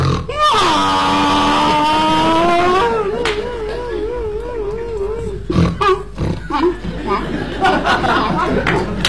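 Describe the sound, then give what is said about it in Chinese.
A human voice imitates a donkey's bray on stage: a loud, drawn-out honk that wavers up and down for about five seconds, followed by a burst of noisy crowd sounds. “你看没变呢，它在台上还叫唤呢。”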